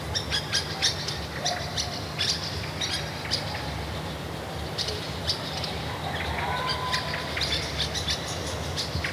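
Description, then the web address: Birds chirping faintly in scattered high notes, with a couple of brief lower whistled notes, over a steady low hum. Recorded at a kasbah in Tiznit, part of an oasis soundscape series. "son resonances oasiennes 29 tiznit 13 kasbah oiseaux"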